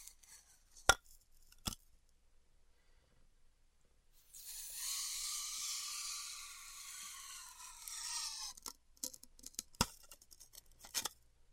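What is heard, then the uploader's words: A heated wire cuts through styrofoam, starting with a few sharp ticks and snaps. From about four to eight and a half seconds a steady hissing squeal rises with a faint whine, then stops. Scattered crackles and clicks follow, with one loud snap near ten seconds. ASMR Styrofoam Heat Cutting (No Talking).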